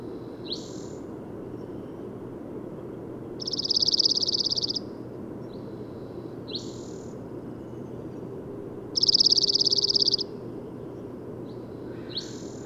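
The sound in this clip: Bird song: rapid high trills several seconds apart, interleaved with short sharp sweeping call notes, over steady low background noise.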